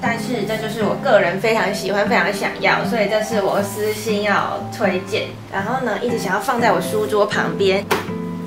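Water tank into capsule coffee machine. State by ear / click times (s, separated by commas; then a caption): not seated / none. A plastic water tank is handled at the back of an illy capsule coffee machine while someone talks over background music with guitar. Nothing has seated or clicked yet; the clip ends just before the tank clips into place.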